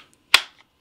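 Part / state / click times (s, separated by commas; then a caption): pistol into kydex holster trigger-guard retention / seated / 0.3 s. A compact Hellcat pistol is pushed into a Tulster kydex IWB holster, and the trigger-guard retention snaps it into place with one sharp, bright click at 0.3 s, between two faint ticks near 0.1 s and 0.6 s. The pistol is seated, and the snap would be louder with the retention cranked up further.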